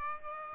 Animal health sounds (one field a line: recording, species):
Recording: mosquito wingbeat signal from an infrared sensor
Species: Aedes aegypti